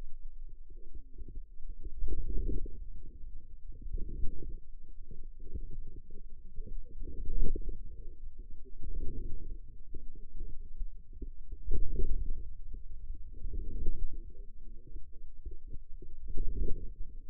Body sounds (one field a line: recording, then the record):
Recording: forearm muscle sounds (acoustic myography)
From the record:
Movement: inward rotation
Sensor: system 2, bracelet of six BSWA MPA416 microphones around the upper forearm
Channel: 5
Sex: female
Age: 21 years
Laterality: right